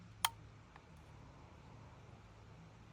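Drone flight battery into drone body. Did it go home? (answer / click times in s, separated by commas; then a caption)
yes / 0.2 s. A flight battery is pushed back into its bay in the small body of a DJI Neo drone and clicks into place with a sharp, loud snap at 0.3 s. A much fainter tick follows at 0.8 s over a low, steady hum. The battery is seated.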